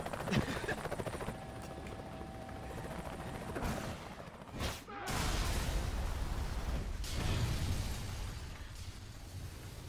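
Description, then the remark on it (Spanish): Video game explosions and gunfire form a dense, continuous roar, with a heavy booming burst about halfway through and another surge shortly after, over a constant low rumble. “Todavía flipo con las explosiones de este juego,”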